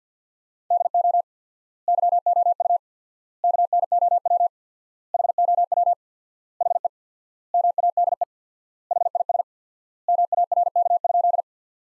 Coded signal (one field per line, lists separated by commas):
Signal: Morse code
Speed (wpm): 51 wpm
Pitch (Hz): 700 Hz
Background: none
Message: DO YOU KNOW HOW HE MADE HIS MARK?